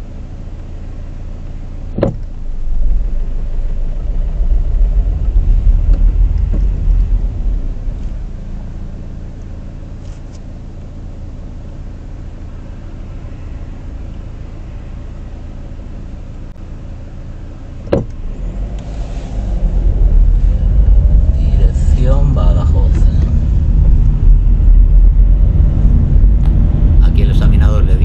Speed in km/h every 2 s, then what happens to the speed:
0, 4, 9, 0, 0, 0, 0, 0, 0, 9, 17, 19, 28, 31.
0-4 pulls away to 9. 6-16 standing. 16-28 pulls away to 31.